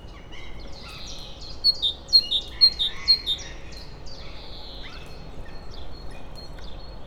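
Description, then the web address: Great tit calling a run of five high, sharp notes spaced roughly half a second apart, followed by softer chirps over low background noise. Free-living great tit recorded at a zoo in Debrecen, Hungary, in 2012. "allathangok debrecenizoo 2012. szencinege szabadonlevo"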